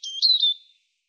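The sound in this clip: European robin song fragment, a short, thin, high whistled phrase with a few clear notes fading out quickly.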